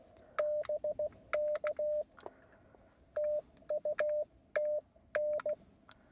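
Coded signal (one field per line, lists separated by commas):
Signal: Morse code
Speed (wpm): 16 wpm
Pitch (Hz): 600 Hz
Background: none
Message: BK TU TN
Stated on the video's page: CW Parks on the Air activation from a windy mountain pass, QRP, wire antenna, IC-705 transceiver.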